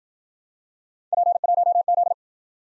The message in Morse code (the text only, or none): P1Z